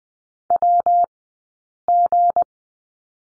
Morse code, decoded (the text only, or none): WG